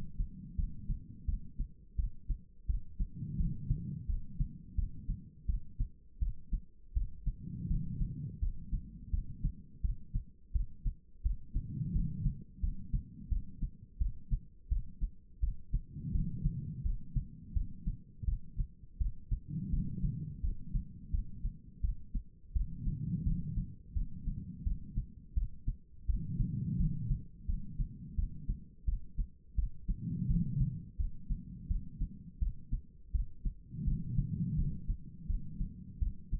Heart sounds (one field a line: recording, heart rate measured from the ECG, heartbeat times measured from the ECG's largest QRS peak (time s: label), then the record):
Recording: heart sounds by stethoscope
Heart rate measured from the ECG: 85 bpm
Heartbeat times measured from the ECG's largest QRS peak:
0.56 s: heartbeat
1.26 s: heartbeat
1.97 s: heartbeat
2.67 s: heartbeat
3.38 s: heartbeat
4.07 s: heartbeat
4.76 s: heartbeat
5.47 s: heartbeat
6.20 s: heartbeat
6.94 s: heartbeat
7.68 s: heartbeat
8.40 s: heartbeat
9.11 s: heartbeat
9.82 s: heartbeat
10.53 s: heartbeat
11.23 s: heartbeat
11.93 s: heartbeat
12.61 s: heartbeat
13.29 s: heartbeat
13.99 s: heartbeat
14.69 s: heartbeat
15.41 s: heartbeat
16.12 s: heartbeat
16.83 s: heartbeat
17.54 s: heartbeat
18.26 s: heartbeat
18.99 s: heartbeat
19.71 s: heartbeat
20.42 s: heartbeat
21.12 s: heartbeat
21.82 s: heartbeat
22.54 s: heartbeat
23.24 s: heartbeat
23.94 s: heartbeat
24.64 s: heartbeat
25.35 s: heartbeat
26.07 s: heartbeat
26.78 s: heartbeat
27.47 s: heartbeat
28.16 s: heartbeat
28.86 s: heartbeat
29.56 s: heartbeat
30.28 s: heartbeat
30.97 s: heartbeat
31.68 s: heartbeat
32.40 s: heartbeat
33.12 s: heartbeat
33.85 s: heartbeat
34.56 s: heartbeat
35.27 s: heartbeat
36.00 s: heartbeat
From the record:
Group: healthy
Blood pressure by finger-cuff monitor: 108/74 mmHg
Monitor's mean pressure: 88 mmHg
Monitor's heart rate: 85 bpm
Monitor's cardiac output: 5 L/min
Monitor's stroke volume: 59 mL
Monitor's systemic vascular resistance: 1290 dyn s/cm5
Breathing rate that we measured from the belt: 16 breaths a minute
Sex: female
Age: 51 years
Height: 162 cm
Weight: 70.04 kg